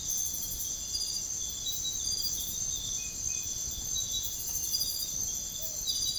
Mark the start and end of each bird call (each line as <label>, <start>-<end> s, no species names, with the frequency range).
bird call (0.2-0.8 kHz), 5.55-5.85 s